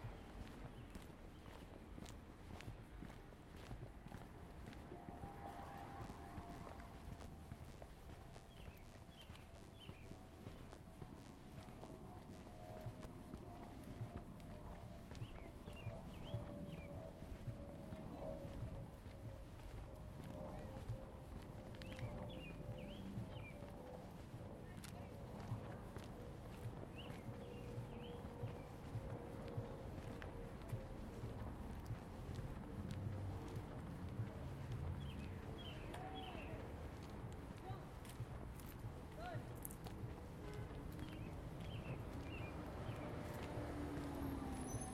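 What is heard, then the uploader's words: A stroll in Seattle: steady footsteps over a low rumble, a long slowly falling vehicle drone, and brief faint voices or chirps. Stroll in the neighborhood of the Tintinabulary, Seattle.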